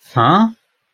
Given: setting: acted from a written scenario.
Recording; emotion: vocal sound without words; confusion